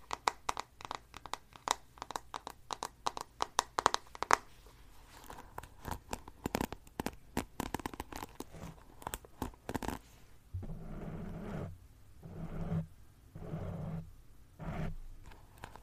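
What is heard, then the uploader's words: Quick taps crowd the first ten seconds, then give way to slower, soft brushing strokes that swell and fade in bursts. Random Brushing & Tapping. Tonight, I browse through my make-up and try to relax you with random tapping and brushing.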